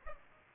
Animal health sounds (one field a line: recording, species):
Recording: mosquito wingbeat signal from an infrared sensor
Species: Culex pipiens